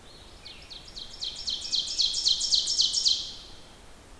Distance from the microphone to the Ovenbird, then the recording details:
about 30 m. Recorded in boreal forest in Alberta, Canada, on 14 June 2016 at 06:17. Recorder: SongMeter 3, array SBT-3-33. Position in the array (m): 129 m, 33 m. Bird 21